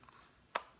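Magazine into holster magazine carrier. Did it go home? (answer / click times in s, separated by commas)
yes / 0.6 s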